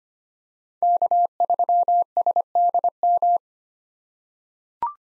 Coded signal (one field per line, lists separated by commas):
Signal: Morse code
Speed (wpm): 25 wpm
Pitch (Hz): 700 Hz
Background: none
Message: K3SDM